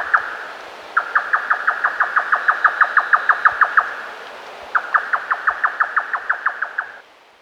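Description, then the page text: Grey nightjar calling: a rapid, even series of hard, knocking notes, given in two long bursts separated by a short pause. "Grey Nightjar Call. Quick Sounds"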